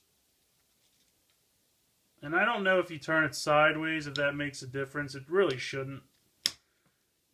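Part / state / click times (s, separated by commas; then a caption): plastic toy part clipping onto a transforming robot toy / seated / 6.5 s. A plastic zord part is pushed through a tight opening on a transforming robot toy and clicks onto the figure at 6.5 seconds, fitting nice and tight. Someone talks from about 2.2 to 6.0 seconds, then a short, sharp click follows after a brief pause.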